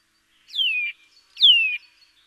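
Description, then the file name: Eurasian nuthatch calls, two clear downslurred whistles about a second apart in quiet surroundings. "Sitta europaea"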